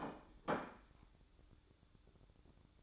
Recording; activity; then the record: daily activity, microphone in the room; place plate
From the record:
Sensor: 3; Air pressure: 1007.5 hPa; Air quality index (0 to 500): 59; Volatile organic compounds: 1 ppm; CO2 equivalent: 607 ppm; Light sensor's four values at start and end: 10/23/9/10 and 10/23/9/10